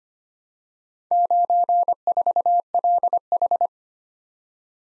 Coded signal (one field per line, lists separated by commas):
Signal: Morse code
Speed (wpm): 25 wpm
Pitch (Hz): 700 Hz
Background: none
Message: 94LH